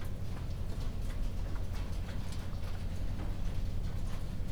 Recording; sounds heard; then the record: poultry house recording; no chicken sound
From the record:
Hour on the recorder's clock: 1